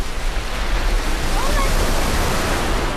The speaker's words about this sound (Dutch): Goed, we gaan zo het water in. En dan gaan we proberen om over de golven heen te duiken. Dus je gaat daar staan waar de golven zijn. En dan ga je er overheen duiken.